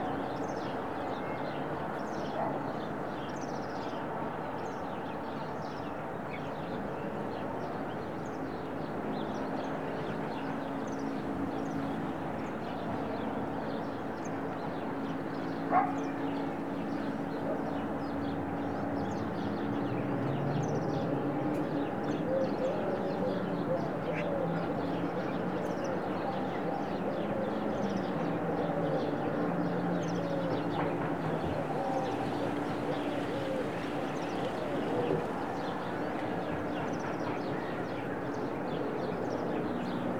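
A daily recording from a studio in the Serra de Collserola natural park: a steady, dense murmur with a low hum and mid-pitched tones holding throughout, like distant traffic. Faint ticks flicker above, and a single sharp click stands out around sixteen seconds.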